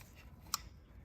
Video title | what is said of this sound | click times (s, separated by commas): 2011-2012 Ford F-150 3.5L Ecoboost Hard Brake Pedal: Electric Brake Vacuum Pump Replacement | connector till it clicks | 0.5 s